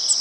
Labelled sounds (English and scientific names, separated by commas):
Cape May Warbler (Setophaga tigrina) flight call